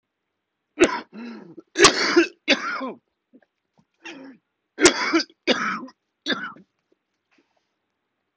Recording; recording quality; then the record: heavy voluntary cough; excellent, no background noise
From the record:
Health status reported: COVID-19 positive, mild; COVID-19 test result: positive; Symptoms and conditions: fever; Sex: male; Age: 55 years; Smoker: not ticked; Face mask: worn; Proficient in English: yes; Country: India